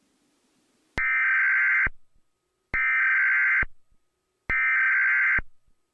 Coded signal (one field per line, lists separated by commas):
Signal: Emergency Alert System (SAME) tones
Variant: header bursts